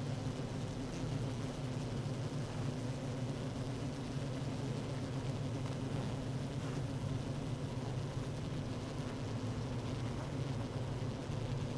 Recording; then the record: honeybee colony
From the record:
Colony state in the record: active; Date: 12 June 2018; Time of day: 15:41